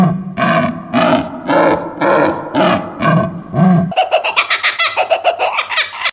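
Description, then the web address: Kookaburra laugh: a string of harsh, throaty chuckles that suddenly speeds up into a fast, loud, rattling cackle of quick repeated notes. "kookaburra rire"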